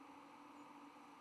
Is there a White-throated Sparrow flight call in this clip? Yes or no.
no